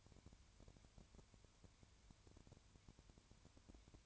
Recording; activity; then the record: daily activity, microphone in the room; no activity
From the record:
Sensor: 2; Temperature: 20.3 degrees Celsius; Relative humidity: 33.8%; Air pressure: 1003.2 hPa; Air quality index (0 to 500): 82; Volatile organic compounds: 1 ppm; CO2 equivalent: 782 ppm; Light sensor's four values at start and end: 2/3/2/2 and 2/3/2/2